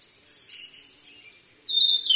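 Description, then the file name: Narcissus flycatcher song: soft whistled and warbled high notes, then a louder bright phrase at the end. "kibitaki"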